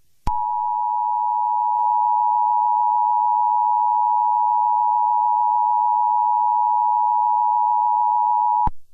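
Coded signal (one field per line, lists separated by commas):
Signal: Emergency Alert System (SAME) tones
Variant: 853 and 960 Hz attention tone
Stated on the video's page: Fictional EAS scenario.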